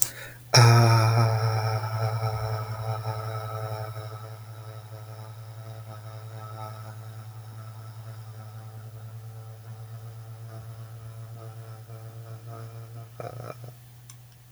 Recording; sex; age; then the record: vowel held as long as possible; male; 30 to 39 years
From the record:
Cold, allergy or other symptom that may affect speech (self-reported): no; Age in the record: 33 years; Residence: Virginia, United States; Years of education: 16